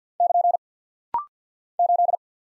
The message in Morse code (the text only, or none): <KN> 8